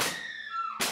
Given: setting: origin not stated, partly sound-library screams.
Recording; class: one-second piece from a danger detection set; woman in danger